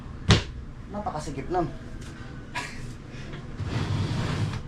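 A tight drawer is forced home along metal drawer slides with knocks, ending in one loud hit at 0.3 s as it seats and locks onto the slide lock. Someone talks over it. The drawer is confirmed locked and can no longer be pulled out.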